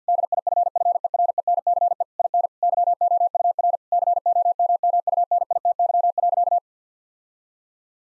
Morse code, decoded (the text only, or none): DIFFERENCE IN YOUR COMMUNITY.